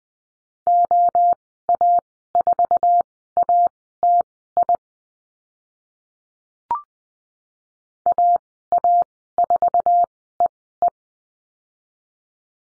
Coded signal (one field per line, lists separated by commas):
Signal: Morse code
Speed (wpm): 20 wpm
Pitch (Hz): 700 Hz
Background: none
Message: OA4ATI AA4EE